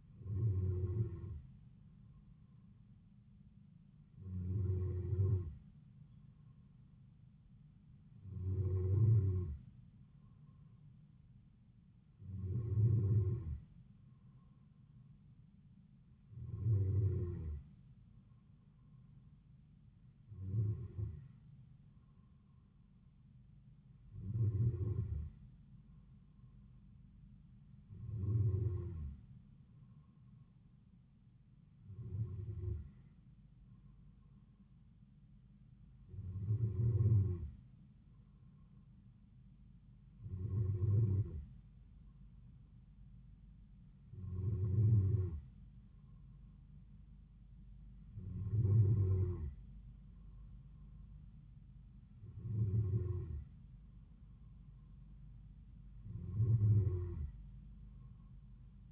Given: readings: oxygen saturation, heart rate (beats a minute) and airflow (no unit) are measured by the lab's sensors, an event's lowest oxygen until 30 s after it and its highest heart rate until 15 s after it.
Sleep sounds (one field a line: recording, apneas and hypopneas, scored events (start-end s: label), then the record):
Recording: breathing in sleep by a smartphone at the bedside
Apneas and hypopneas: none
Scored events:
none scored
From the record:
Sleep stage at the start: N2 (light sleep)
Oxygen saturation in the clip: 93 to 94%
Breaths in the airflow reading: 15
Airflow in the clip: -3.7 to 3.2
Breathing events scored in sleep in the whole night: 270 in 6.1 hours asleep